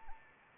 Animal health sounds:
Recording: mosquito wingbeat signal from an infrared sensor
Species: Anopheles arabiensis

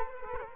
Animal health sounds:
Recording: mosquito wingbeat signal from an infrared sensor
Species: Culex quinquefasciatus

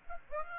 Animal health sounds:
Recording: mosquito wingbeat signal from an infrared sensor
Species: Aedes aegypti

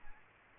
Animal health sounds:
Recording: mosquito wingbeat signal from an infrared sensor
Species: Aedes aegypti

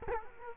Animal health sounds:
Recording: mosquito wingbeat signal from an infrared sensor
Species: Culex quinquefasciatus

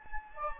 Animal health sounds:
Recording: mosquito wingbeat signal from an infrared sensor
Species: Anopheles gambiae

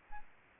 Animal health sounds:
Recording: mosquito wingbeat signal from an infrared sensor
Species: Aedes aegypti

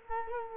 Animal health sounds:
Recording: mosquito wingbeat signal from an infrared sensor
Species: Culex quinquefasciatus

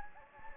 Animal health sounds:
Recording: mosquito wingbeat signal from an infrared sensor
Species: Anopheles gambiae

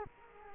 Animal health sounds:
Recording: mosquito wingbeat signal from an infrared sensor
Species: Culex quinquefasciatus

